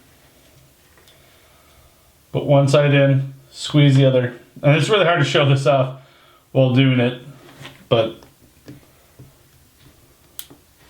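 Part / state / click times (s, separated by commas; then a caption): spring bar into watch case lugs / seated / 10.4 s. Someone talks while a spring-loaded metal spring bar on a new resin band is squeezed and fitted into the lug holes of a DW-6600 watch case. After the talking, a single sharp, very brief snap comes at 10.4 s as the bar's ends shoot out and lock into the lugs, seating the spring bar.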